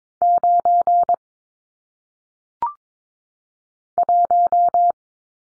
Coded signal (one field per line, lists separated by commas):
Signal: Morse code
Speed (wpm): 22 wpm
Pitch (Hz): 700 Hz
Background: none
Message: 9 1